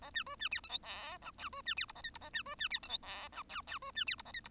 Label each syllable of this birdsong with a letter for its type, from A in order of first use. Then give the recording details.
A B C B D E F G H I C B D J A K J A B C B D E F G H I I C B D J A K J. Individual Bird1